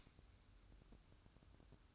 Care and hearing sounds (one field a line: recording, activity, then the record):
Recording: daily activity, microphone in the room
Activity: light off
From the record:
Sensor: 2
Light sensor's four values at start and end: 7/16/6/6 and 7/16/6/6